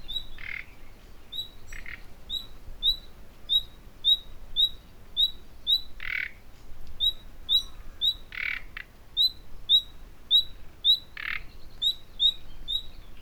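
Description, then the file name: Common nightingale delivering a long run of sharp rising whistles, roughly two a second, mixed with several grating rattled croaks. "Luscinia megarhynchos"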